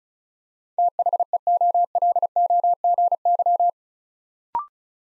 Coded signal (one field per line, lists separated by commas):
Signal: Morse code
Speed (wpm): 36 wpm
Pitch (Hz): 700 Hz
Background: none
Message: THEOLOGY